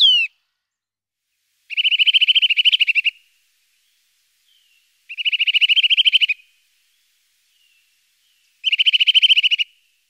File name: Sittelle torchepot